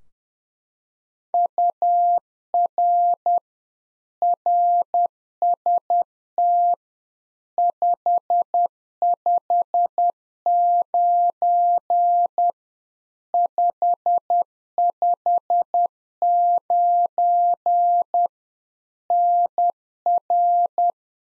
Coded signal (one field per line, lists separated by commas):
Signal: Morse code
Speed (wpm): 10 wpm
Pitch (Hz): 700 Hz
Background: none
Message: UR RST 559 559 NR